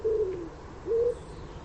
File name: Common Wood Pigeon